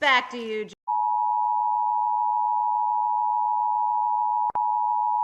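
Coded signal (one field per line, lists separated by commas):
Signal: Emergency Alert System (SAME) tones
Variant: 853 and 960 Hz attention tone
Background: speech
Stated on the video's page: Fictional EAS scenario, simulated.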